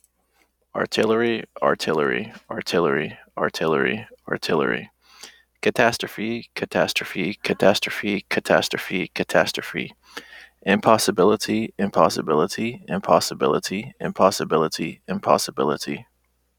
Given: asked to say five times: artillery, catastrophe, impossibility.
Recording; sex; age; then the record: three words, each repeated; male; 20 to 29 years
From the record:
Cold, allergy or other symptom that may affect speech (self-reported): no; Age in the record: 29 years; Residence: South Carolina, United States